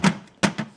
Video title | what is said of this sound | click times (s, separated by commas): Top Fin 3 Gallon Glass Aquarium Start Kit - Top Fin All-In-One Betta Fish Tank Review - PetSmart | it snaps in place very well. | 0.4 s